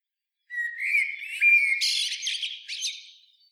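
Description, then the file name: Common blackbird gives one song phrase: a smooth rising whistle that turns into a jumbled, scratchy high twitter before fading. "Turdus merula"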